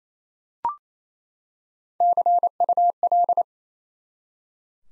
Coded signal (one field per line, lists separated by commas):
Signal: Morse code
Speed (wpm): 28 wpm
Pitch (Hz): 700 Hz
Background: none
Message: CUL